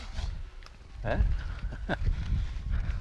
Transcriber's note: laughs